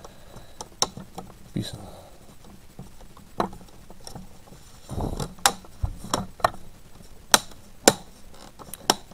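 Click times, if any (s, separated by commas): 5.5 s, 6.1 s, 6.5 s, 7.3 s, 7.9 s, 8.9 s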